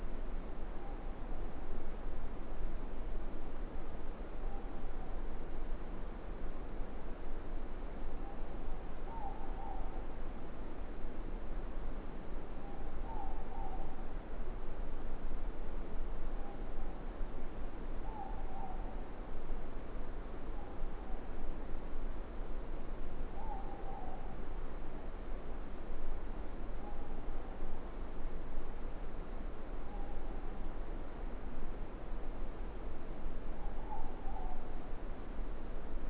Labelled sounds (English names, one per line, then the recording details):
Morepork more-pork call
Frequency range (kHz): Morepork 0.6-1.1 kHz
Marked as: faintness 5/5, faintness 3/5
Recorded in New Zealand
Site Eglinton